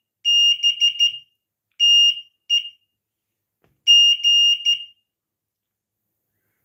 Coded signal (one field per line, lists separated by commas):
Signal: Morse code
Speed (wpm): 15 wpm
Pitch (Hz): 2850 Hz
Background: none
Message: BTEG